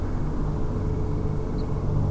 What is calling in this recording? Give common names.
Ortolan Bunting